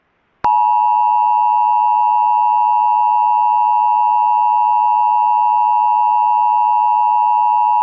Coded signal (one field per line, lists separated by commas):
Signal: Emergency Alert System (SAME) tones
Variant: 853 and 960 Hz attention tone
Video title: SOLAR ECLIPSE EAS SCENARIO